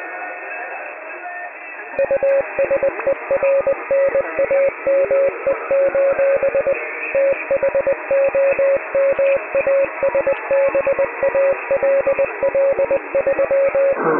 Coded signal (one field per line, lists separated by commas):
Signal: Morse code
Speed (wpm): 20 wpm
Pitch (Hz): 550 Hz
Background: music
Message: USERNAME: THOMASBALL3